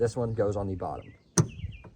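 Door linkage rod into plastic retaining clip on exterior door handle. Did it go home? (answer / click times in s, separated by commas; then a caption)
yes / 1.4 s. On a 2004 Honda Civic LX rear door, a linkage rod is fitted into its plastic retaining clip on the bottom of the exterior door handle assembly while someone talks. A single sharp snap at 1.4 s marks the rod popping into the clip, and it is seated.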